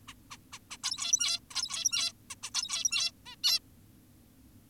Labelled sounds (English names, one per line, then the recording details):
Zebra Finch
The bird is an adult
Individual g17y2U